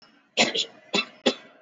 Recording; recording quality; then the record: shallow voluntary cough; excellent, no background noise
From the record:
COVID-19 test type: RT-PCR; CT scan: not taken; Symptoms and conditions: cough, cold, fever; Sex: male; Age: 26 years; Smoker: no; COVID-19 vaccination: both doses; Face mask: worn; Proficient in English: yes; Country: India